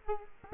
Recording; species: mosquito wingbeat signal from an infrared sensor; Culex quinquefasciatus